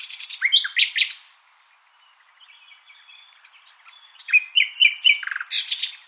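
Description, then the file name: Common nightingale song opening with loud clipped notes, then a quieter stretch of soft whistles, rising into rapid repeated chirps and a final burst of fast notes. "Luscinia megarhynchos"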